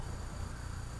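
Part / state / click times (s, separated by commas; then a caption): vascular closure device body into its access sheath / not seated / none. A vascular closure device body is being handled and pushed into its access sheath. Only a steady low, broadband noise is heard, with no distinct click. Nothing has seated or clicked yet, and the anchor has not been deployed.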